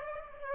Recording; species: mosquito wingbeat signal from an infrared sensor; Aedes aegypti